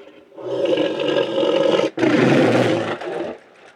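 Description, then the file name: Tiger giving two loud, gravelly roars back to back. "Sound Effects Zone - Tiger Roar"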